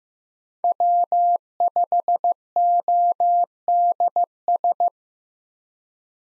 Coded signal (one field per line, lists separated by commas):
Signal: Morse code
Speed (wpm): 15 wpm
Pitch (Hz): 700 Hz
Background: none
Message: W5ODS